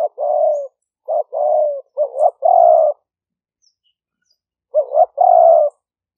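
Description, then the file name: Spotted dove delivering soft low coos, a short note leading into a longer drawn one, repeated in two groups with a pause between. Call style named '5 hậu' in Vietnamese. "tieng-cu-gay-5-hau"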